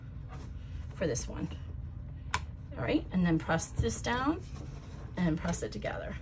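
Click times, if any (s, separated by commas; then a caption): 2.3 s. A magnetic snap half is set down onto the metal die of a snap press and clicks into place because the magnet is very strong. The click is a single sharp tick at 2.3 s. Someone talks before and after it.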